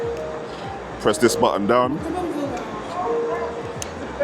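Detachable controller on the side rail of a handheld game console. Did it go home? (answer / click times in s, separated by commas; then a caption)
released / 3.8 s. Someone talks over background music while pressing the release button on the back of a detachable controller and pulling it off the side rail of a Nintendo Switch 2 handheld console. A sharp, short click is heard at 3.8 s as the controller releases from the console.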